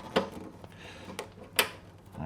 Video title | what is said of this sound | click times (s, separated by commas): Lowrider ST El Diablo - A10 Moto "Cut In" Recessed LP6 Mount Combo Kit + S1 Turn Signal Install | See how that clicked in? So, it's on there now. That was the fuel line. | 1.6 s